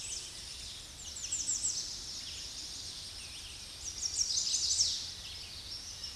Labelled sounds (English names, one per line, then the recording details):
American Redstart song
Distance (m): 35 m
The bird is about 5 m above the microphone
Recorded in a Pennsylvania forest on 16 May 2024 at 07:40
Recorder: AudioMoth, point MSD-0263
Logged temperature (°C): 16.0 °C
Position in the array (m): 116 m, 230 m